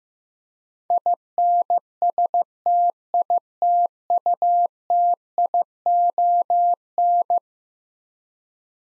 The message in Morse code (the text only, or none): INSTITUTION